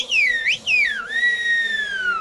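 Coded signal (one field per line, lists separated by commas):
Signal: whistled language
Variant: Turkish kuş dili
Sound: a clear whistle gliding down, rising sharply, dipping, then a long slowly falling tone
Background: low hum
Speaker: asırlardır Doğu Karadeniz'de yankılanan ve kuş dili olarak da bilinen ıslık dili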